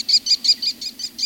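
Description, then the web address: American Kestrel call: a rapid, evenly spaced run of shrill, high notes packed into just over a second. "birdnote-daily- episodio american-kestrel"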